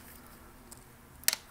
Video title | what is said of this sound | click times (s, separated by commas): How to Fix a Cracked Ford Sync 3 Screen | Alright, so that's locked in. | 1.3 s